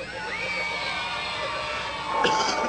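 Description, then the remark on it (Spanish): A crowd of children shouts together on request in a steady, high-pitched roar, with scattered voices rising above the mass and the din swelling louder near the end. “¿Cómo gritan de duro los niños? A ver, griten los niños.”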